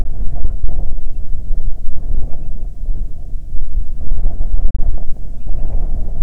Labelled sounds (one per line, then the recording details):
bird
wind
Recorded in the Arctic National Wildlife Refuge, Alaska, on 9 July 2019 at 21:54
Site 48